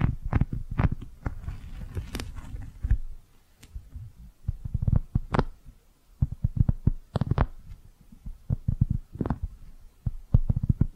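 Brushing and squishy tapping sounds come in soft, irregular bursts, with low thumping pulses beneath and short bright scratchy strokes on top. The first three seconds are dense and busy, then a quieter stretch near four seconds, before clusters of strokes resume and continue unevenly to the end.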